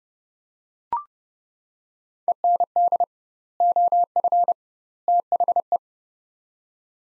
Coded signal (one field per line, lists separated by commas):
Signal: Morse code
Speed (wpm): 30 wpm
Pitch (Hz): 700 Hz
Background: none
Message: END OF THE